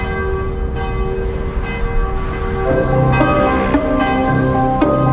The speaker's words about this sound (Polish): Odpowiedział mu odległy głos dzwonu z kościoła na skałce.